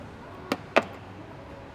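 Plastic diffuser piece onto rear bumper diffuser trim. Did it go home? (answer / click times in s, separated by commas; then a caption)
yes / 0.8 s. A plastic rear bumper diffuser piece is lifted into place so its two pegs line up with the cutouts in the bottom of the bumper diffuser trim, then pushed onto the pins. A quieter sharp tick comes at 0.5 s, then a louder, crisp click at 0.8 s as the piece snaps on. It is seated and fairly well locked in place.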